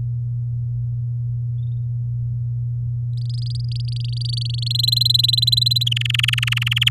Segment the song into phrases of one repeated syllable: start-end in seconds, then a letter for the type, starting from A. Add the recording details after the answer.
3.17-4.72 A, 4.75-5.84 B, 5.86-6.89 C. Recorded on 10 May 2018 at 17:26. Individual llb16